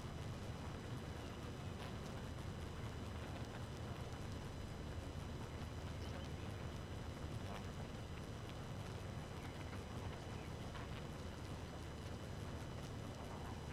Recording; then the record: honeybee colony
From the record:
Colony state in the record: active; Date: 12 June 2018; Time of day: 2:43